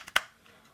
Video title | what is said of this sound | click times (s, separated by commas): A FIXED BLADE CAN'T GET MUCH BETTER THAN THIS! (Kizer Mini Harpoon) | It actually clicks in place, or | 0.2 s